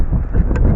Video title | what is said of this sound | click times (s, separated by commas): 2001-2007 Toyota Sequoia Rear Lift gate Lock Actuator Replacement | sure you hear that click alright | 0.6 s, 0.7 s